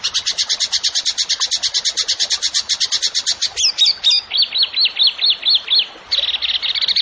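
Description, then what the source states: Zebra finch song: a fast run of high buzzy notes, then a series of sharply falling whistled notes and another quick trill. Masteran, a training recording for songbirds; the bird is singing actively (gacor).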